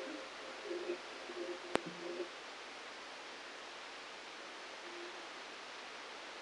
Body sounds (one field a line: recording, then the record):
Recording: brain microelectrode recording played as sound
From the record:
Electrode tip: outside the subthalamic nucleus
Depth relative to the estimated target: 1 mm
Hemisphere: right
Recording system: NeuroSet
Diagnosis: Parkinson's disease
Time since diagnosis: 9 years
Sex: male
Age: 56 years